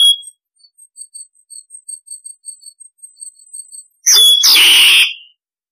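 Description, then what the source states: Starling call sequence: quick faint high ticking notes in a steady series, then one loud harsh rasping screech. Starling flock-calling sound, used to lure starlings.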